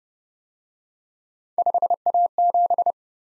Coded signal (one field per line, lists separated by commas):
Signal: Morse code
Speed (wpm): 29 wpm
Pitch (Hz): 700 Hz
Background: none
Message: 5A7